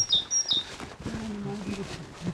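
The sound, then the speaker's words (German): A tit sings a few very loud, bright, high whistled notes in quick succession during a walk to a geocache, followed by a person speaking in a low voice while faint background noise continues. “Guck mal, eine Meise.”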